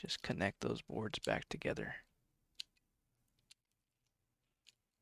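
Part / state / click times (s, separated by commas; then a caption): board-to-board connector joining two game controller circuit boards / seated / 2.6 s. Someone talks, then presses the board-to-board connector of one Xbox One game controller circuit board onto the mating connector on the other board. It seats with a sharp little snap at 2.6 s. Fainter clicks follow at about 3.5 s and 4.7 s.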